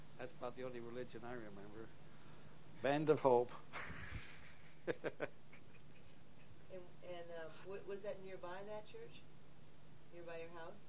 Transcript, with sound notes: That's about the only religion, I remember. Band of Hope. (laughs)
And um, what, was that nearby, that church? Nearby your house?